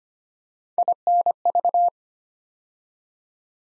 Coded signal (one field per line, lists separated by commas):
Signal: Morse code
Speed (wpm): 25 wpm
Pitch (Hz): 700 Hz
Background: none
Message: INV